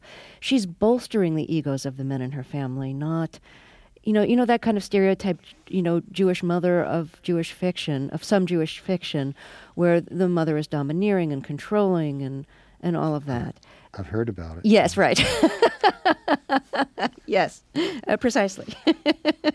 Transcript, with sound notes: She's bolstering the egos of the men in her family, not - you know, that kind of stereotyped, you know, Jewish mother of Jewish fiction - of some Jewish fiction - where the mother is domineering and controlling and all of that.
I've heard about it.
Yes, right (laughter). Yes, precisely